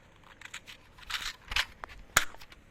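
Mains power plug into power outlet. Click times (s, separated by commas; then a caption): 2.2 s. A mains power plug is pushed into a power outlet, with scraping, rustling handling noises leading up to it. It clicks and seats with a sharp, loud snap at 2.2 s.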